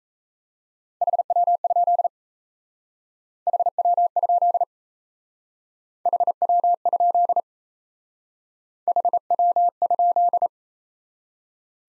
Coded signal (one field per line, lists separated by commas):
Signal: Morse code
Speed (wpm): 35 wpm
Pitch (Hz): 700 Hz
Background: none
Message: HW? HW? HW? HW?